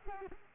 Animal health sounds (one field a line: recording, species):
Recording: mosquito wingbeat signal from an infrared sensor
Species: Culex pipiens